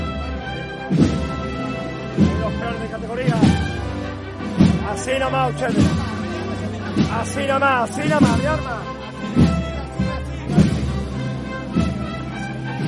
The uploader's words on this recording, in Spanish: Sonidos del trasncurrir del paso de María Santísima de Salud y Esperanza por el barrio de San Benito en su regreso tras haber participado del Vía Lucis Mariano. Acompaña la Banda de Música Nuestra Señora del Carmen de Salteras.